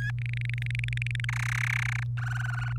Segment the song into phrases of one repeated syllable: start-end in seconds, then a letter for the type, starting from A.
0.00-0.11 A, 0.18-1.25 B, 1.29-2.03 C, 2.17-2.73 D